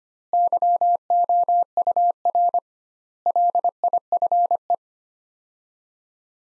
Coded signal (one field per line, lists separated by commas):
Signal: Morse code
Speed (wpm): 25 wpm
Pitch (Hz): 700 Hz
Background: none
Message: YOUR LIFE